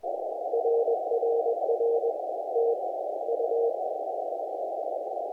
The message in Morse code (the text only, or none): RRR TU